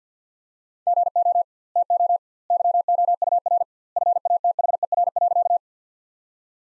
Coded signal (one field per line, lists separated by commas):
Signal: Morse code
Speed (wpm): 50 wpm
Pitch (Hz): 700 Hz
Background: none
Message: GO TO YOUR FATHER.